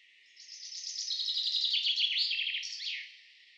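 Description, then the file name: Common chaffinch song, a lively series of high notes tumbling downward and ending with a twisting final flourish, over faint background hiss. "Fringilla coelebs"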